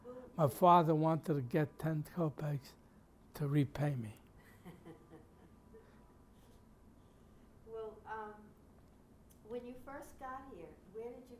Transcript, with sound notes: Her father wanted to get ten kopeks to repay me.
[Laughs] Well, when you first got here, where did you go?